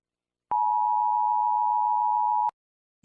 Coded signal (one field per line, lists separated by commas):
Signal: Emergency Alert System (SAME) tones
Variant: 853 and 960 Hz attention tone